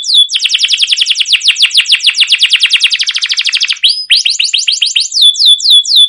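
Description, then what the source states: Canary song: a long run of quick descending notes growing into a dense trill, a brief pause, then separate looping notes repeated at an easy pace. Long rolling 'cuit cuit' song, used as a lure recording to prompt other canaries to sing.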